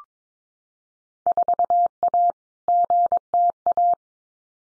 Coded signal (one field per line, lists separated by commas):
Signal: Morse code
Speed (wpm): 22 wpm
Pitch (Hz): 700 Hz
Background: none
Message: 4A GTA